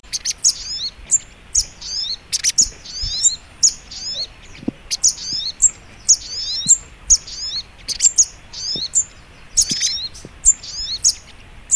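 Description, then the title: Spiderhunter song: thin, high-pitched twittering phrases with quick downward notes, given in a continuous, lively sequence. Masteran training recording for teaching songbirds; labelled Labaik. "Masteran Burung Sogok Ontong Labaik"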